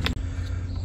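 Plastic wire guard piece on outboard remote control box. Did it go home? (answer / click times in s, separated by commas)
no / none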